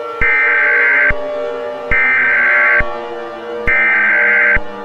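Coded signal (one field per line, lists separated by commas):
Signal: Emergency Alert System (SAME) tones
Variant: header bursts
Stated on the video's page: Fake EAS scenario that may contain valid SAME headers and tones, alongside sirens.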